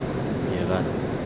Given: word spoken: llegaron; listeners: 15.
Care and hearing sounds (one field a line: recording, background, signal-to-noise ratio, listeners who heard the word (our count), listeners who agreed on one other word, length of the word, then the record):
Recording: one Spanish word in noise, from a listening test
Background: speech-shaped noise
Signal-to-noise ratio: -4.2 dB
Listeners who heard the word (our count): 0 of 15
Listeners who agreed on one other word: 11 of 15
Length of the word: 0.86 s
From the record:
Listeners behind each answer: 11, 3, 1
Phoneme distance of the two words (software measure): 14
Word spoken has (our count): 3 syllables, 7 phonemes, stress on syllable 2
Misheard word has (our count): 2 syllables, 5 phonemes, stress on syllable 2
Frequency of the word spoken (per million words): 60.42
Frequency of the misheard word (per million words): 242.88